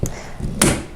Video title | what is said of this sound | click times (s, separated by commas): Assembly of 09923 Badger Basket Folding Double Doll Front-to-back Stroller | Now it's a little tough, but you'll hear it click once it holds. | 0.6 s